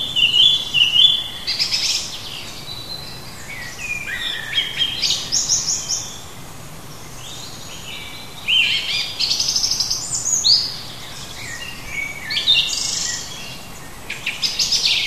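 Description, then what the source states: Bird song in bright, high twittering phrases with quick trills and chirps, coming in bursts separated by short pauses over a steady background hiss. Native bird of a hedge habitat, recorded in June.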